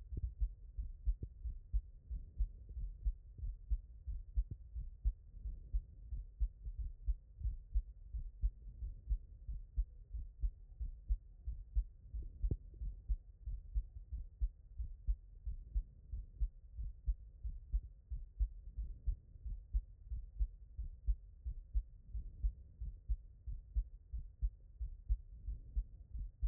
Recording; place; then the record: heart sounds by stethoscope; tricuspid valve (TV)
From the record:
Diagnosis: HFrEF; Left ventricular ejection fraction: 30%